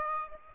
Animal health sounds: mosquito wingbeat signal from an infrared sensor; Aedes aegypti

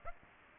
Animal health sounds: mosquito wingbeat signal from an infrared sensor; Aedes aegypti

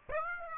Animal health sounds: mosquito wingbeat signal from an infrared sensor; Aedes aegypti

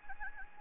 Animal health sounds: mosquito wingbeat signal from an infrared sensor; Anopheles gambiae

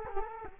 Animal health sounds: mosquito wingbeat signal from an infrared sensor; Culex quinquefasciatus

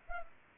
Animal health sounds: mosquito wingbeat signal from an infrared sensor; Culex pipiens

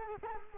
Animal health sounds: mosquito wingbeat signal from an infrared sensor; Culex quinquefasciatus

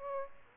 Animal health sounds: mosquito wingbeat signal from an infrared sensor; Aedes aegypti

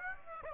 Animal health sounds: mosquito wingbeat signal from an infrared sensor; Aedes aegypti

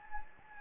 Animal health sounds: mosquito wingbeat signal from an infrared sensor; Anopheles gambiae

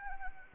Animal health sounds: mosquito wingbeat signal from an infrared sensor; Anopheles arabiensis

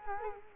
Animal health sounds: mosquito wingbeat signal from an infrared sensor; Culex quinquefasciatus

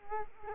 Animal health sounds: mosquito wingbeat signal from an infrared sensor; Culex quinquefasciatus

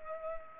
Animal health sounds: mosquito wingbeat signal from an infrared sensor; Culex pipiens

